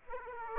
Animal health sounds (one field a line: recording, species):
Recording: mosquito wingbeat signal from an infrared sensor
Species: Aedes aegypti